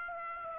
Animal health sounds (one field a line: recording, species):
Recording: mosquito wingbeat signal from an infrared sensor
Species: Aedes aegypti